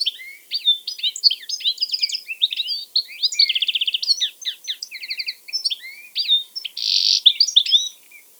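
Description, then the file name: European goldfinch singing a fast, tinkling twitter of varied chirps and buzzy trills, with a rapid rattling trill near the middle and a harsh burst near the end. "Carduelis carduelis"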